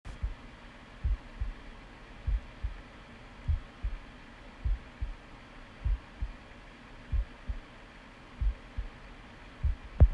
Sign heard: Heartbeat.